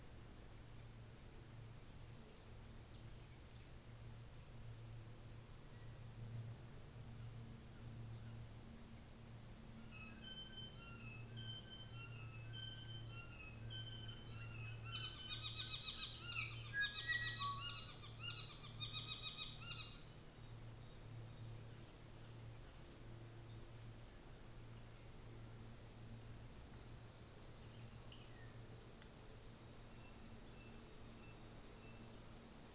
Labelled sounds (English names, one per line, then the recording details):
New Zealand Fantail
North Island Saddleback
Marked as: faintness 4/5, faintness 2/5, faintness 3/5, faintness 5/5
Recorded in New Zealand on 24 December 2018
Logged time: 14:00